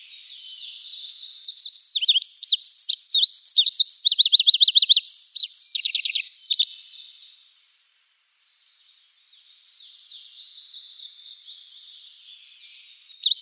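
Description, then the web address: Olive-backed pipit song: a high jumble of quick sweeping notes leading into a rapid, even trill, then silence and a fainter, thin second phrase. "Schulze Peter Olive-backed Pipit song"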